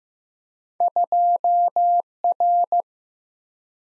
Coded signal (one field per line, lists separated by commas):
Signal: Morse code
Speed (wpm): 15 wpm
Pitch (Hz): 700 Hz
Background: none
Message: 2R